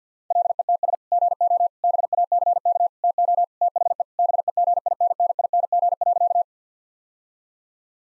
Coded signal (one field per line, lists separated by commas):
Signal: Morse code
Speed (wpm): 50 wpm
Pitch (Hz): 700 Hz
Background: none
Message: LETS GO BACK TO THE BEGINNING.